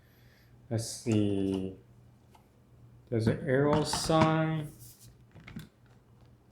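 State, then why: Seated. A plastic blender cup from a HadinEEon blender is lined up by its arrow marks and twisted onto the motor base until it locks. Someone talks, then a short cluster of plastic clicks and scrapes is heard. The sharpest click comes at 5.5 s, as the cup seats into the base.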